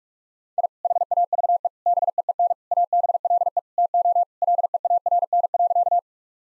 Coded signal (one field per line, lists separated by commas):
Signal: Morse code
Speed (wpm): 41 wpm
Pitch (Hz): 700 Hz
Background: none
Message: I HAVE BEEN ABLE TO LEARN.